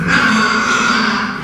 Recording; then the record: squeal of a Yucatan mini pig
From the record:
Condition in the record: after surgery on the right vocal fold (resection and tissue-engineered implant); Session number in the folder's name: 15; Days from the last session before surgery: 175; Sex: female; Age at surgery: 19 weeks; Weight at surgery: 25 kg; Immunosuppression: prednisolone